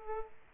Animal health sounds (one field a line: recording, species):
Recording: mosquito wingbeat signal from an infrared sensor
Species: Aedes aegypti